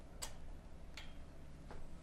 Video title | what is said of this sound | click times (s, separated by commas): Chunking the Sides & Rolling the Quilt | and I need to unlatch the little clicker here | 0.2 s